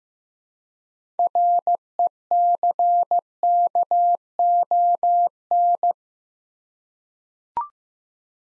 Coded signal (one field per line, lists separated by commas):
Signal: Morse code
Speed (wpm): 15 wpm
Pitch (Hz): 700 Hz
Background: none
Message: RECKON